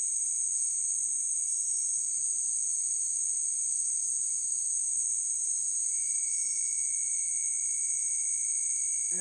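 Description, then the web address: Steady high cricket chorus, unbroken throughout; a lower steady tone grows stronger partway through, and a short low sweep sounds at the very end. Crickets recorded at night. "the-sound-pack-tree -night crickets"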